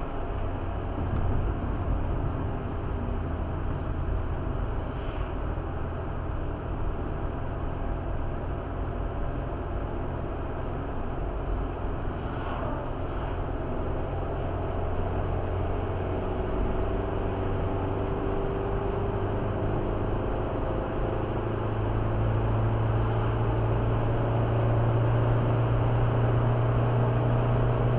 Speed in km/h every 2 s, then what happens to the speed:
65, 63, 63, 64, 65, 66, 66, 69, 73, 78, 83, 86, 89, 91.
0-13 steady at about 65. 13-28 speeds up to 91.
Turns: none.